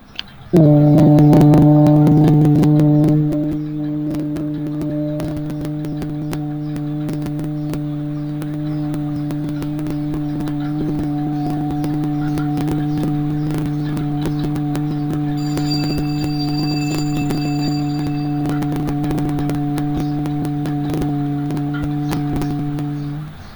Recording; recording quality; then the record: sustained vowel as in boot; excellent, no background noise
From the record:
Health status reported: healthy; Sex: male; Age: 24 years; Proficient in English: yes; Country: India